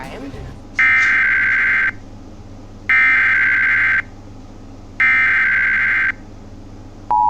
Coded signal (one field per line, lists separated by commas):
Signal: Emergency Alert System (SAME) tones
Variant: header bursts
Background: speech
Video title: LAW ENFORCEMENT WARNING for Delaware on WHYY-DT2 [EAS #1,682]